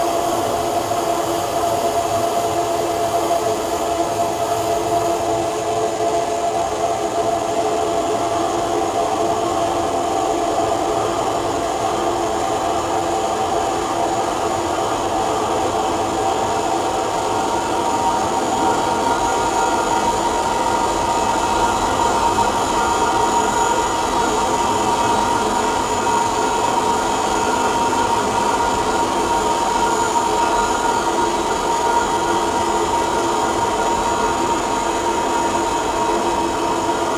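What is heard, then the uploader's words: Layered textured sounds from shortwave radio form a steady, dense drone with sustained tones, a faint whistle entering midway, rumbling like a moving train. This track was assembled using multiple layers of textured sounds recorded from sw radio and archived sound files. The software I use are Propellerhead Reason, Ambient v3.0, PaulStretch, and mixed with Audacity.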